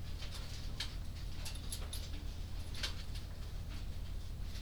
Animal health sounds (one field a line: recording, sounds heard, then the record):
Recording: poultry house recording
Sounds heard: no chicken sound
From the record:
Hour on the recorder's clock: 21